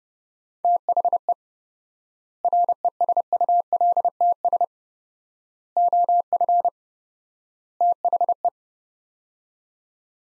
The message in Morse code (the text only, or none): THE RESULTS OF THE